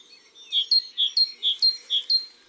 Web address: la mesange charbonniere. cuicui et compagnie